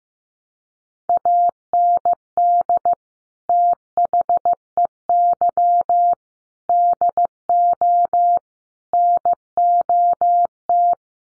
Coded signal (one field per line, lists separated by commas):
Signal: Morse code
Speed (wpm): 15 wpm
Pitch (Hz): 700 Hz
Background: none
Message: AND THEY DO NOT